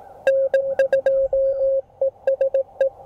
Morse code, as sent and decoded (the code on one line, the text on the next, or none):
-. ..--- . ... .
N2ESE